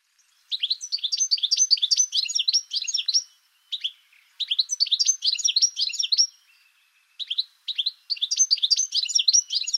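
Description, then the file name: European goldfinch singing bright, tinkling twittered phrases of rapid high chirps and trills, in several bursts separated by brief pauses. "chardonneret elegant"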